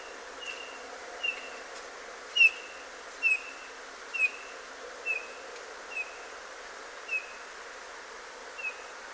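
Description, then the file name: Eurasian bullfinch giving soft, short piping notes, repeated about once a second in a steady series over quiet background hiss. "Pyrrhula pyrrhula"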